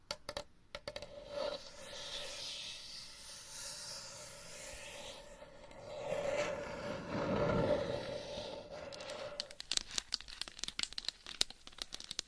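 Scratching swells and fades over a steady mid hum for nine seconds, then rapid, irregular sharp taps take over until the end.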